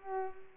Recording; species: mosquito wingbeat signal from an infrared sensor; Culex pipiens